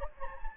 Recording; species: mosquito wingbeat signal from an infrared sensor; Anopheles gambiae